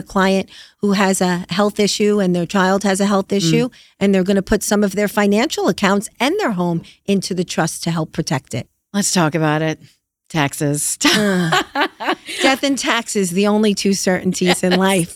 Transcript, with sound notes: I had a client who has a health issue, and their child has a health issue, and they're going to put some of their financial accounts and their home into the trust to help protect it. Let's talk about it, taxes. [LAUGHS] Death and taxes the only two certainties in life, right?